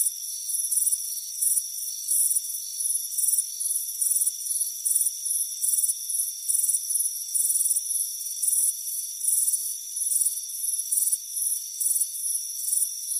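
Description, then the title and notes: Crickets chirp steadily in rapid pulsed bursts, backed by a constant shrill hum. Crickets chirping on a warm afternoon on a front porch. "Soothing Crickets Chirping Sound. It's a warm afternoon as you relax in a hammock on the front porch. Relax and fall asleep to the soothing sound of chirping crickets. Deep Sleep Sounds"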